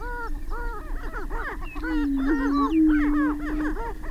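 Greater prairie chicken cackles, a series of arched, nasal whooping notes repeated rapidly, with a low booming drone joining in the second half.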